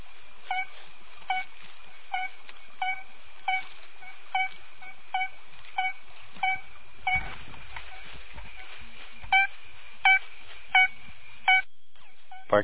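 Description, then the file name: Smooth horned frog calls: short harmonic notes repeated at a steady pace, roughly every three-quarters of a second, louder near the end, with brief clicks near the close. "Proceratophrys boiei"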